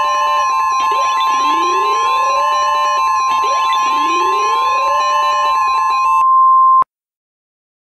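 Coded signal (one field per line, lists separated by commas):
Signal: Emergency Alert System (SAME) tones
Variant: 1050 Hz attention tone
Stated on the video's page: Mock severe thunderstorm warning for Tooele, Utah.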